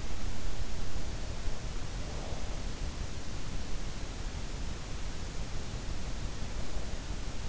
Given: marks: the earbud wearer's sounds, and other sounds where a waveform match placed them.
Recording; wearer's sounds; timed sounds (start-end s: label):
sounds in sleep by an in-ear microphone; breath
1.83-2.50 s: breath